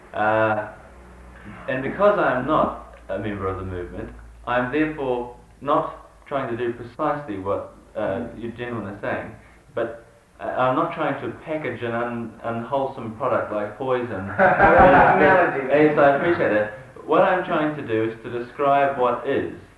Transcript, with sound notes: And because I am not a member of the movement, I am therefore not trying to do precisely what you gentlemen are saying, but I'll not try to package an unwholesome product like poison... [laughter] Yes, I appreciate that. But what I am trying to do is to describe what is.